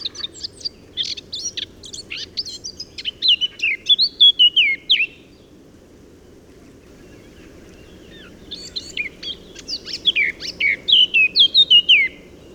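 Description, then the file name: Eurasian blackcap song in two phrases, each starting with a chattering scratchy warble and ending in loud clear whistles dropping in pitch. "Sylvia atricapilla"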